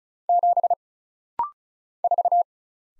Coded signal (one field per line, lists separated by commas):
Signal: Morse code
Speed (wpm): 34 wpm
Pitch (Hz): 700 Hz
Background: none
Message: 7 4